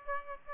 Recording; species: mosquito wingbeat signal from an infrared sensor; Aedes albopictus